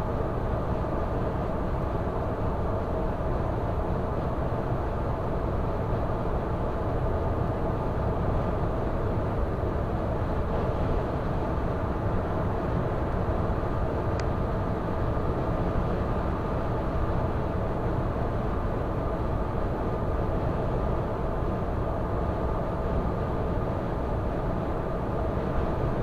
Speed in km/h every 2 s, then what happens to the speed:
115, 115, 115, 115, 115, 115, 115, 115, 115, 115, 115, 115, 115.
0-26 steady at about 115.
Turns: none.